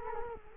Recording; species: mosquito wingbeat signal from an infrared sensor; Culex quinquefasciatus